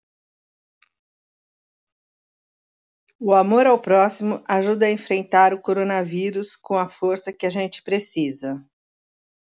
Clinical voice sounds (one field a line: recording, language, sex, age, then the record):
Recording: spoken sentence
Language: Brazilian Portuguese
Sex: female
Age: 60 to 69 years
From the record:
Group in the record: control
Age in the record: 60 years